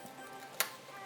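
A SATA connector is pulled off a 2.5-inch drive from the drive bay of an HP 245 G7 laptop. It sticks a little, then comes free with a sharp snap at 0.6 s over a low background hiss. The connector is released.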